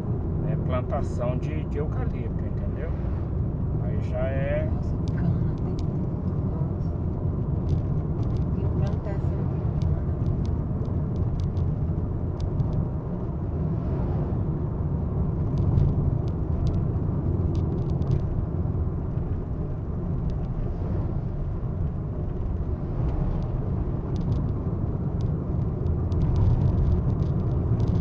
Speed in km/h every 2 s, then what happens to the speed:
66, 67, 70, 72, 74, 73, 75, 77, 76, 73, 72, 75, 76, 78.
0-14 speeds up to 77. 14-21 steady at about 73. 21-28 speeds up to 78.